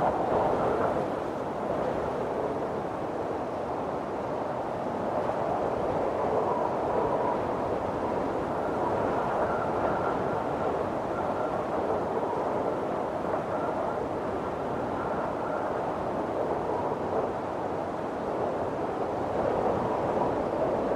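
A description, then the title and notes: A winter wind storm roars without pause, a dense, steady rush centered in the low and middle range. Faint whistling tones rise and fade around the middle, near ten and fifteen seconds, over the constant hiss of blowing snow. The calming sounds of a winter wind storm. The howling winds and blowing snow.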